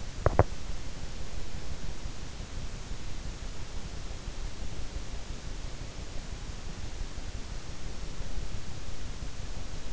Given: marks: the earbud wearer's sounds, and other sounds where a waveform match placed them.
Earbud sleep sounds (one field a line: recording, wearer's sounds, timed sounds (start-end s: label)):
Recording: sounds in sleep by an in-ear microphone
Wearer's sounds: teeth grinding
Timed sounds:
0.00-0.70 s: teeth grinding